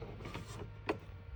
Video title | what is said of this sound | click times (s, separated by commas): W SOFT-Zásobník pěnové mýdlo automat. Návod na obsluhu. winc.cz | Zase musíme slyšet cvaknutí. | 0.9 s